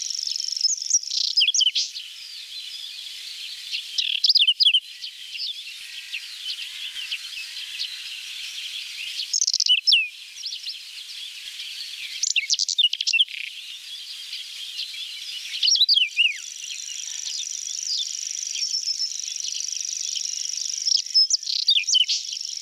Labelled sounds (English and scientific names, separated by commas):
Whinchat (Saxicola rubetra) song